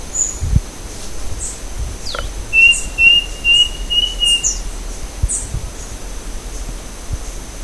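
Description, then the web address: Bird call: a single series of bright, repeated whistled notes in the middle, with faint chirps and steady hiss around it. "BIRD 2015 SABIOD 50 bird 2015"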